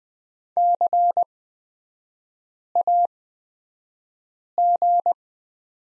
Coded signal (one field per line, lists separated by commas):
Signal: Morse code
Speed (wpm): 20 wpm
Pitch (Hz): 700 Hz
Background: none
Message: CAG